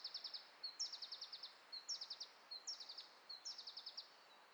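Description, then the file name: Iberian chiffchaff song: a short high note followed by a quick run of about six bright, even notes, the phrase repeated four times in a few seconds. "iberischer zilpzalp"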